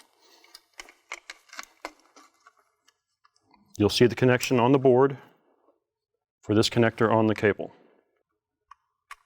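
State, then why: Not seated. The connector on a quilting machine's power cable is handled near its socket on the machine's circuit board, with a few light handling ticks early on and near the end while someone talks in the middle. Nothing has seated or clicked yet; the connector is not yet home.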